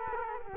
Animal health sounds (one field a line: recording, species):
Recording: mosquito wingbeat signal from an infrared sensor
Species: Culex quinquefasciatus